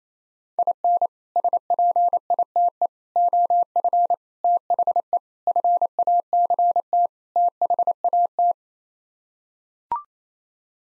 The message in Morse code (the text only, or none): IN SPITE OF THE FACT THAT